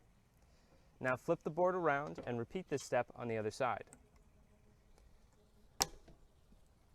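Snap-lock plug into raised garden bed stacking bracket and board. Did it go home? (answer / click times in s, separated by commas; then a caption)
yes / 5.8 s. A plastic snap-lock plug is laid flat over the lined-up hole of a stacking bracket on a composite raised garden bed board and pressed in with the palm. Someone talks from about 1 to 4 seconds, then a sharp, short click at 5.8 s shows the plug seating into the bracket.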